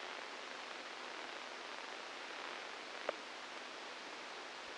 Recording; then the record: brain microelectrode recording played as sound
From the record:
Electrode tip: inside the subthalamic nucleus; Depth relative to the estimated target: 2 mm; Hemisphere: left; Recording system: NeuroSet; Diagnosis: Parkinson's disease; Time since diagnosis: 12 years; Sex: male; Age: 61 years